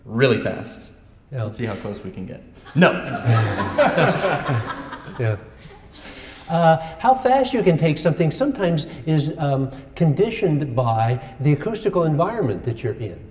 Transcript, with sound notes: really fast. Now we’ll see how close we can get. No. [laughter] Yeah. How fast you can take something sometimes is conditioned by the acoustical environment that you’re in,